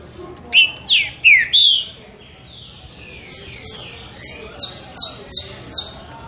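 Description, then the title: Green-winged saltator song with loud falling whistled notes, followed by a series of softer high descending slurs repeated steadily. Classic-style song used for training birds. "Canto Clássico Trinca Ferro TREINAMENTO"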